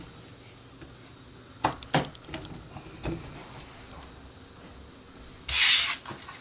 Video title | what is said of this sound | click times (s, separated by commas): Building A Gaming PC Part 2 Gaming PC Asus Z170 Pro Gaming Aura | And push it down till it clicks, and the same for the second one. | 1.7 s, 1.9 s